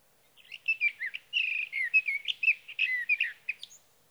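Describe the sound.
Sage thrasher song, a long rapid run of varied warbled and buzzy phrases around mid-high pitch, continuous and jumbled with quick notes back to back.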